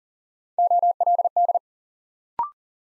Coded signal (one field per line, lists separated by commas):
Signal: Morse code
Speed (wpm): 40 wpm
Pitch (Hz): 700 Hz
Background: none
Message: OLD